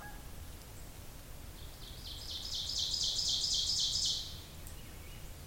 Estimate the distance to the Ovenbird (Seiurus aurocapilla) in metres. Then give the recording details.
about 35 m. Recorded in boreal forest in Alberta, Canada, on 26 May 2016 at 07:48. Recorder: SongMeter 3, array SBT-3-15. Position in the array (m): 53 m, 221 m. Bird 20